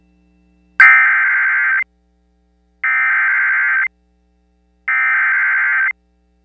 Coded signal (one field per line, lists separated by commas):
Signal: Emergency Alert System (SAME) tones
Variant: header bursts